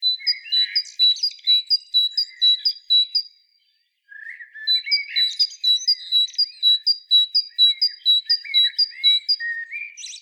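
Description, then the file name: Great tit calling: a steady series of bright, high, doubled notes about twice a second over busy chattering, with one brief silent gap. "Parus major"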